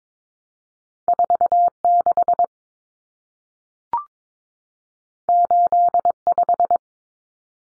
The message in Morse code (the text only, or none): 46 85